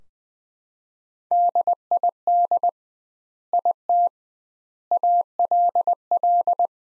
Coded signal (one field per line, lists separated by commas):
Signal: Morse code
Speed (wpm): 20 wpm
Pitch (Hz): 700 Hz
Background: none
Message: DID IT ALL